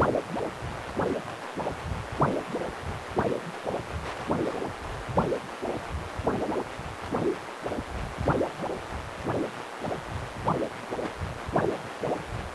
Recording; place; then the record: Doppler ultrasound of blood flow; precordium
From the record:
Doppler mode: continuous wave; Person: healthy adult, 18 to 50 years, no heart murmur, not diving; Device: 2.5 MHz transducer